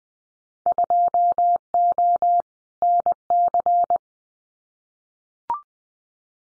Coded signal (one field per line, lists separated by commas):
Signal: Morse code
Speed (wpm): 20 wpm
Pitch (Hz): 700 Hz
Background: none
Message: 2O NC